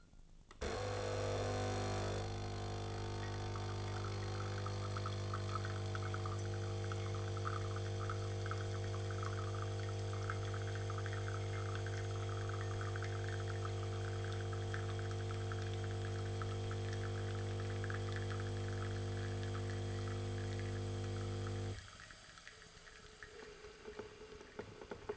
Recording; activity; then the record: daily activity, microphone in the room; make coffee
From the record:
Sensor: 4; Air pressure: 1001.1 hPa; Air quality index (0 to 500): 146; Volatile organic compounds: 2 ppm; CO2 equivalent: 1071 ppm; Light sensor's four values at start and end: 21/47/20/21 and 24/55/23/24